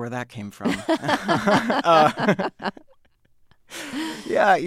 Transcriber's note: soundbite of laughter